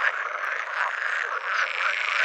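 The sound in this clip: Pool frog chorus, a dense continuous mass of rattling, croaking calls overlapping without pause.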